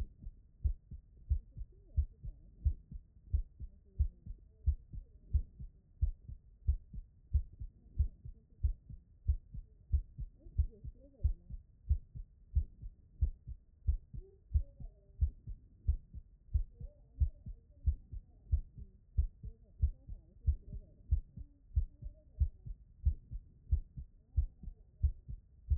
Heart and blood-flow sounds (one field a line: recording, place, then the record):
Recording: heart sounds by stethoscope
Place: pulmonary valve (PV)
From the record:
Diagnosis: non-HFrEF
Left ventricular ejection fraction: 46%